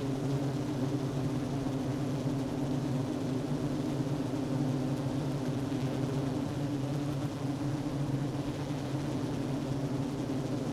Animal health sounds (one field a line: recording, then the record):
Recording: honeybee colony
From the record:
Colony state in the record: active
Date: 12 June 2018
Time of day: 10:31